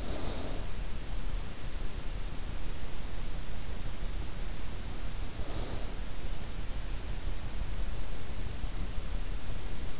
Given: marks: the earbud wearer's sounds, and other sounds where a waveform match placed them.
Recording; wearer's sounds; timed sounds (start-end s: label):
sounds in sleep by an in-ear microphone; snoring breath
0.00-0.63 s: snoring breath